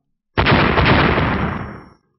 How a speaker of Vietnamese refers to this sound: Một tiếng nổ mạnh kinh thiên động địa, không gian xung quanh vỡ vụn toàn bộ.